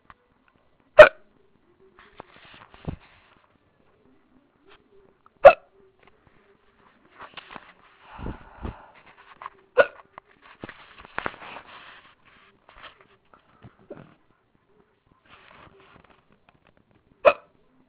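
About four abrupt, sharp gulping hiccups from an adult occur over 18 seconds at irregular intervals of roughly four to eight seconds, with soft breathing and faint rustling between them. This is a sustained bout of hiccups.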